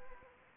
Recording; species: mosquito wingbeat signal from an infrared sensor; Anopheles arabiensis